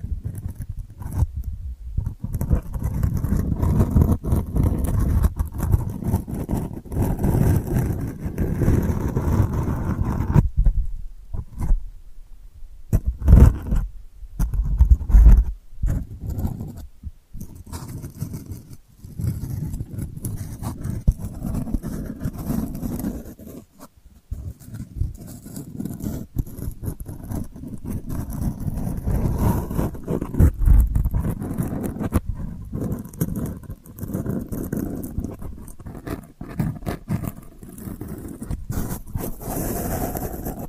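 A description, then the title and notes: Delicate scratching runs through most of the recording as dense, irregular rustles and scrapes, mostly low with faint brighter edges. It thins out around 11–15 seconds and again near 24 seconds, with a few sharp isolated clicks, then resumes steadily to the end. ASMR Delicate Scratching for Sleep (No Talking).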